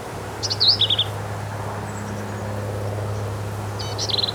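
Black-capped vireo song: a quick, squeaky high phrase of slurred and buzzy notes, then a second phrase near the end, over a low steady hum.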